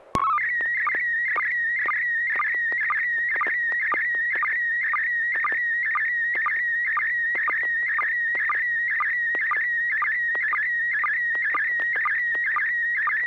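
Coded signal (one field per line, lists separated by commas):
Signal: SSTV (slow-scan television)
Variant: PD 120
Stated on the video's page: SSTV net on an FM repeater on 441.300 MHz, sent with MMSSTV software.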